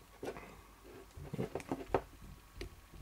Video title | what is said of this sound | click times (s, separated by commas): LG KF700 - Set up - MobilePhoneTraining.co.uk | There we are. So once it's made its clicking sound, you put this on top, | 1.9 s